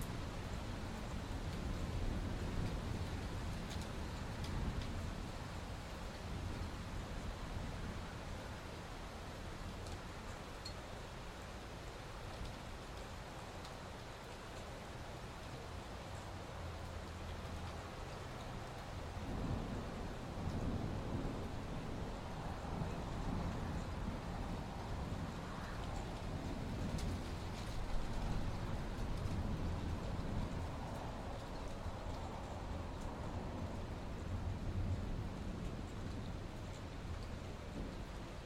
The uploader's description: the dynamic and majestic sound of winds as they sweep across open fields, mountains, and forests